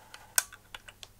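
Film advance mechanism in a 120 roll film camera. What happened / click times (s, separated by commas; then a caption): The winding mechanism locked at its next stop / 0.4 s. The film advance knob on a medium format camera is turned to wind 120 roll film on to the next frame, giving a few faint ticks around a loud, sharp click at 0.4 s. That click is the advance mechanism stopping and locking at the next frame, and softer ticks follow at about 0.8, 0.9 and 1.0 s.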